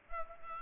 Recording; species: mosquito wingbeat signal from an infrared sensor; Culex pipiens